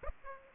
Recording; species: mosquito wingbeat signal from an infrared sensor; Aedes aegypti